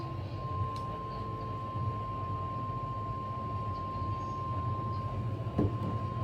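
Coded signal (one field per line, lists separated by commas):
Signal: Emergency Alert System (SAME) tones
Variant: 1050 Hz attention tone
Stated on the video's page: Weather radio activation compilation: tornado watch, severe thunderstorm, flash flood and tornado warnings.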